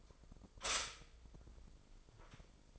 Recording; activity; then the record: daily activity, microphone in the room; stop toaster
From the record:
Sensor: 5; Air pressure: 995.4 hPa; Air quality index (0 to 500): 107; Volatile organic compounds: 8 ppm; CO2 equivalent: 2060 ppm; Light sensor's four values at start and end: 34/82/33/33 and 34/82/33/34